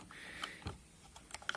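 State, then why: Seated. The back (ribber) carriage of a double-bed knitting machine is brought across with its lever held down until it locks into a small place on the front carriage. Light clicks and rattles lead to a sharp click at 1.5 s as the two carriages lock together so they will move together.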